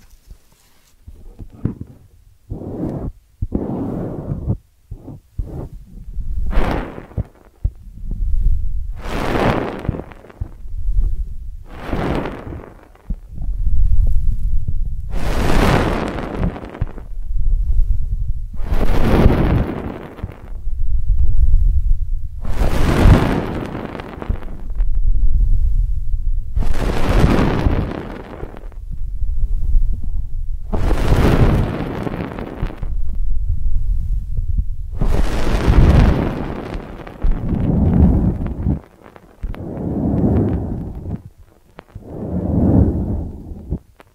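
Ear cleaning triggers: a series of soft, rustling scrapes and muffled rubs, each lasting a second or two. Early strokes are short and quick, then they grow longer and brighter from about 13 to 37 seconds, with a low thumping hum beneath throughout.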